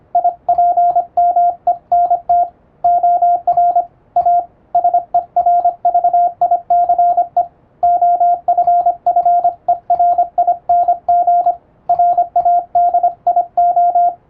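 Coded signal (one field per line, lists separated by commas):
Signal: Morse code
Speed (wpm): 25 wpm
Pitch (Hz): 700 Hz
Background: radio noise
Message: IPMENT OR A SERVICE OFFERING RADIO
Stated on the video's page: Morse code sent with an electronic keyer in English-language radio telegram format, for receiving practice.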